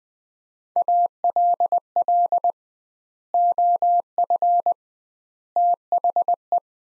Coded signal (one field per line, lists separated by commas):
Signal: Morse code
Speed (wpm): 20 wpm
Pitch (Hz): 700 Hz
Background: none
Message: ALL OF THE